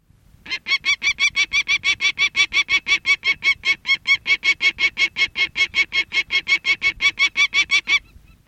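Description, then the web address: Peregrine falcon: a rapid, steady series of harsh, nasal notes, running unbroken for about seven and a half seconds. "Thumbs Plus Zoo Field Guide Repository Sounds"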